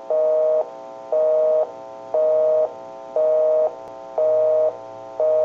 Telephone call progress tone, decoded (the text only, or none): busy tone